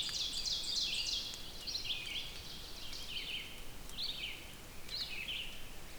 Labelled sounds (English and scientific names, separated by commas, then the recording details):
Red-eyed Vireo (Vireo olivaceus) song
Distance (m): 45 m
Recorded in boreal forest in Alberta, Canada, on 5 June 2016 at 05:34
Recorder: SongMeter 3, array SBT-3-51
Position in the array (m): 149 m, 78 m